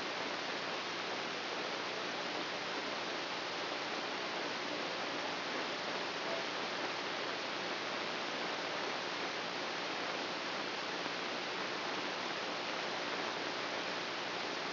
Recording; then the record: brain microelectrode recording played as sound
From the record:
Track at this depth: inside the subthalamic nucleus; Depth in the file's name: 1.927 mm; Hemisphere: right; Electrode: 3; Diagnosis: Parkinson's disease